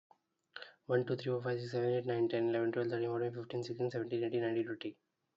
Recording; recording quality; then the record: counting at a fast pace; excellent, no background noise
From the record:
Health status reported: healthy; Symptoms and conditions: none ticked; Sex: male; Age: 25 years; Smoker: not ticked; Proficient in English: yes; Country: India